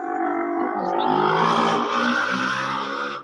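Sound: motorcycle passing by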